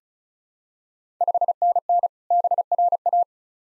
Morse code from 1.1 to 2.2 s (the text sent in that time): 5NN